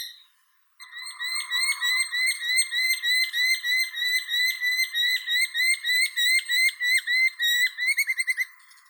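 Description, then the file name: Merlin chattering call, a long series of sharp harmonic notes about three per second, speeding up into a quicker burst near the end. "Falco columbarius"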